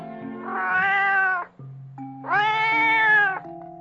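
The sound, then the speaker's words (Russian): A cat gives two long, drawn-out meows, each swelling and then fading, the second slightly stronger, with a steady low tone humming underneath. “Осел ему отвечает: «Пойдем с нами, кот, в город Бремен.”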